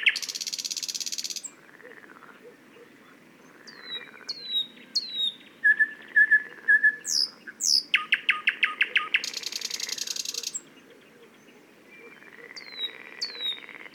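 Thrush nightingale song opening with a harsh rattle, then whistled notes, clicks and another dry rattle, ending with soft whistles.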